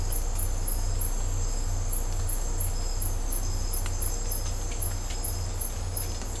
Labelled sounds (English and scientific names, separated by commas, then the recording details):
none
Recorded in dense forest near Puerto Asís, Putumayo, Colombia, on 20 December 2024 at 02:30
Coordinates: 0.503, -76.323
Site G043